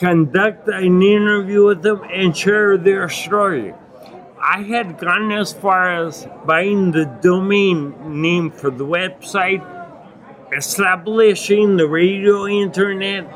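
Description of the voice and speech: Adult man speaking with drawn-out sounds, uneven pacing and pauses: ataxic dysarthria, with great difficulty speaking and articulating, from acquired ataxia (Lance-Adams syndrome) after Legionnaires' pneumonia and a 12-day coma with brain damage.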